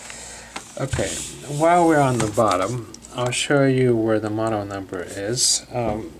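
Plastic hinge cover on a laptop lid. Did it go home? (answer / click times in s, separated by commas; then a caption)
yes / 0.6 s. On a closed Dell Chromebook 11 laptop, the plastic hinge cover on the lid is pushed home from the back with a spudger. It snaps into place with a sharp click at 0.6 s, and the cover is seated. Someone talks through the rest of the clip.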